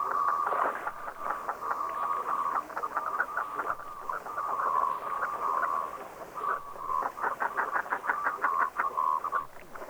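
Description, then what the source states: Common Merganser calls: clustered nasal croaks and quick rattling notes at a steady mid pitch, coming in bursts with short gaps, against faint background noise. Field recording.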